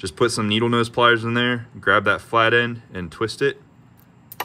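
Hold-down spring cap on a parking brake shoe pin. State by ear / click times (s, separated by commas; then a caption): released / 4.3 s, 4.4 s. Someone talks while needle-nose pliers grab the flat end of a metal hold-down spring cap on a parking brake shoe pin of a 1999 Subaru Impreza/Forester and twist it. After the talking stops, sharp metallic clicks come at 4.3 s and 4.4 s as the hold-down cap releases and pops off.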